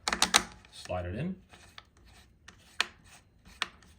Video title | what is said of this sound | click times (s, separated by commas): Super73 S2 , R or RX Upgraded Dropouts , Torque Plates. Torque arms. A must have. | as you see it snaps into place very nicely | 0.2 s, 0.4 s